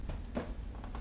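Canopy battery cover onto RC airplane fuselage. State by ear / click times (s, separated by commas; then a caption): not seated / none. The plastic canopy and battery cover of a foam HobbyZone Corsair S BNF RC airplane is handled and pressed onto the fuselage. A few small taps and soft knocks are heard over low background noise, but nothing has seated yet.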